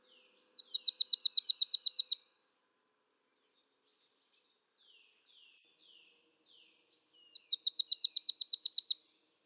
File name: Poecile palustris